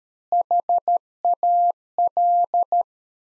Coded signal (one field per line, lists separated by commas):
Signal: Morse code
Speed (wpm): 13 wpm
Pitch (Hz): 700 Hz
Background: none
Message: HAL